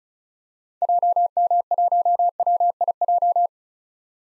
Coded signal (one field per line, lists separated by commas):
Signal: Morse code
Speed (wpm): 36 wpm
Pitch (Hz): 700 Hz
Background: none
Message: JM1WIJ